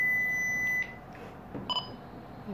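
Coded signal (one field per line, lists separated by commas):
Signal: digital selective calling (DSC)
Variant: routine individual call alert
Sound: a steady high beep lasting under a second, a pause, then quick pulsing beeps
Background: small room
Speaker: radio starts making this noise we go and it's come up started flashing it says you've received an individual call from orange kayak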